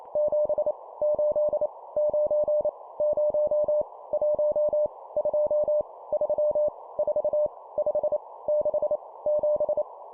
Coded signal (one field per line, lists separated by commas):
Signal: Morse code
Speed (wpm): 28 wpm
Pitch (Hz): 600 Hz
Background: none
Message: 7 8 9 0 1 2 3 4 5 6 7